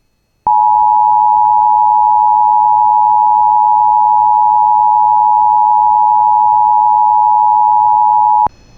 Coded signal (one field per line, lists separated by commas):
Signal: Emergency Alert System (SAME) tones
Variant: 853 and 960 Hz attention tone